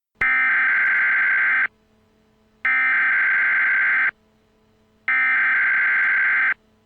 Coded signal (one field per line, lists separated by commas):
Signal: Emergency Alert System (SAME) tones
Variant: header bursts